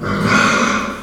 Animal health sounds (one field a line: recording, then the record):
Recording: squeal of a Yucatan mini pig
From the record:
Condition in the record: after surgery on the right vocal fold (resection and tissue-engineered implant)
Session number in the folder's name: 15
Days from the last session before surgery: 175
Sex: female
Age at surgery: 19 weeks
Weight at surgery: 25 kg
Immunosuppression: prednisolone